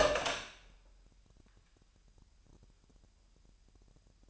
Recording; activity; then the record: daily activity, microphone in the room; open door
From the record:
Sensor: 2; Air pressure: 998.2 hPa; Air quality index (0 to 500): 143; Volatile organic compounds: 4 ppm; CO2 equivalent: 1615 ppm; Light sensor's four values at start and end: 11/34/13/13 and 11/34/13/13